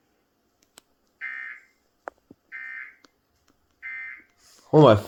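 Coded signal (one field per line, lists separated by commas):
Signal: Emergency Alert System (SAME) tones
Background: speech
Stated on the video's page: Flash flood warning relayed by KMEX.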